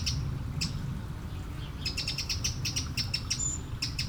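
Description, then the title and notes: Eurasian blackbird with a couple of isolated ticks, then a fast run of sharp repeated notes and one thin high whistle; low rumble of flowing water beneath. One blackbird beside a small stream at Aveize, France, 12 July 2017; recorded with a DPA-2006c AB pair into a Mixpre-3. "Aveize, France - Merle - Blackbird. 20170712-Merle et ruisseau. Bord de ruisseau, un merle, quelques mouches, des avions au loin. Near a small river, a blackbird, a few flies, planes in the distance"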